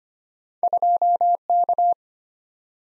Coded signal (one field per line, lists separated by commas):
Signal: Morse code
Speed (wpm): 25 wpm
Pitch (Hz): 700 Hz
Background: none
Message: 2K